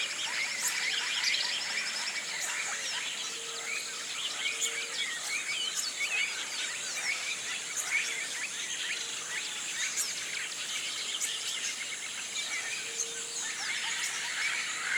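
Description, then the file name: Birds: dense, unbroken bird chatter with countless overlapping chirps and twitters, and an even insect drone high above. Tropical rainforest at morning, flocks of birds rousing in the canopy. "articulated TROPICAL Rainforest morning rousing flocks of birds"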